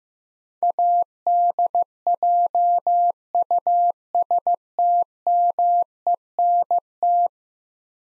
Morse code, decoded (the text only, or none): ADJUSTMENT